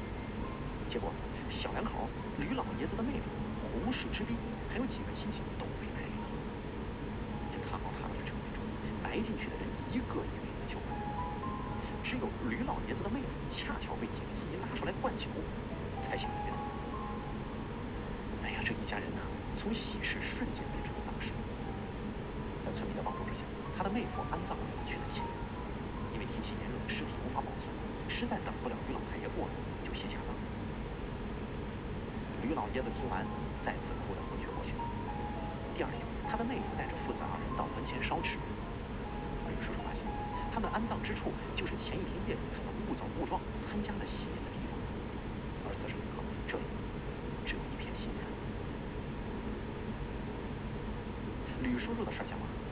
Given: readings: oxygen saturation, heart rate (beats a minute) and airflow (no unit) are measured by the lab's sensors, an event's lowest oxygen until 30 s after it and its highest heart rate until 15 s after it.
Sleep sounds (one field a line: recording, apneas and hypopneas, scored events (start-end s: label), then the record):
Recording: breathing in sleep by a voice recorder at the bedside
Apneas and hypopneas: none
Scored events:
none scored
From the record:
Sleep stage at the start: N1 (lightest sleep)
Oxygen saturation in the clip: 92 to 95%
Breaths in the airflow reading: 17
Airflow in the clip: -1.6 to 2.6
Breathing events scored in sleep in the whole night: 335 in 6.7 hours asleep